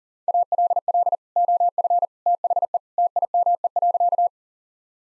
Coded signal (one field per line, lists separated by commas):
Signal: Morse code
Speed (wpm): 40 wpm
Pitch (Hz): 700 Hz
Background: none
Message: ALL OF THE TIME.